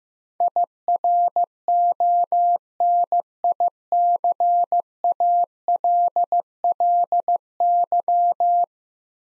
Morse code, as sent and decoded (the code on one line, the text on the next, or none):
.. .-. --- -. .. -.-. .- .-.. .-.. -.--
IRONICALLY